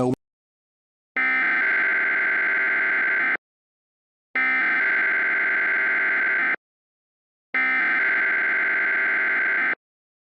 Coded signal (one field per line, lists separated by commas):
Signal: Emergency Alert System (SAME) tones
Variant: header bursts